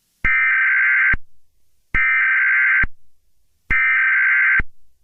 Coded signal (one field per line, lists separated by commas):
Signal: Emergency Alert System (SAME) tones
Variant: header bursts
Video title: EAS scenario 19: Herobrine 4: Mrs. Herobrine’s revenge